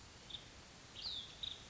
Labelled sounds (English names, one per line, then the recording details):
Nuttall's Woodpecker
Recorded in Sonoma County, California